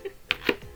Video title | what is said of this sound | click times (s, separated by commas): Grabs Week 9 HUGE pick-up part 1 of 2 (Rockit Games and More) | that's how minty it is it still has the snap sound to it | 0.3 s